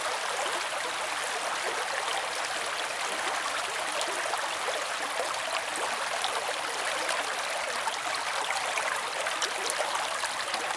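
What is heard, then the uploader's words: A brook runs steadily, its water rushing and splashing in a dense, unbroken wash that stays bright and hissy with little low rumble. The level holds even throughout, with tiny droplet splashes and trickles flickering constantly across the flow, close by. Napping Near the Calming Brook. Water and nature sounds.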